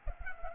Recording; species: mosquito wingbeat signal from an infrared sensor; Culex pipiens